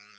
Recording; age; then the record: pig call; piglet (1 to 25 days)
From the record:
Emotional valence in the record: positive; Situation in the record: reunion after long isolation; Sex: female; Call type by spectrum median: high-frequency call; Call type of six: low-frequency tonal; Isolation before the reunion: 8 minutes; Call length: 0.19 s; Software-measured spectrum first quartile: 1837 Hz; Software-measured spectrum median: 2733 Hz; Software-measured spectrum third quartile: 4871 Hz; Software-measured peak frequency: 1290 Hz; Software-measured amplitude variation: 54 dB a second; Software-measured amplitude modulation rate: 13.0 a second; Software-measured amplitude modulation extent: 4.2 dB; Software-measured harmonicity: -0.1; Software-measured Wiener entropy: -1.40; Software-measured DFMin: 1011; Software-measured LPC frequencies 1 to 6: 1360, 2445, 3331, 4642, 5102, 6139 Hz